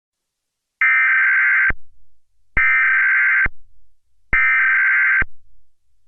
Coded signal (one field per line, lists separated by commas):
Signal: Emergency Alert System (SAME) tones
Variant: header bursts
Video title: Remaking the 2011 National EAS Test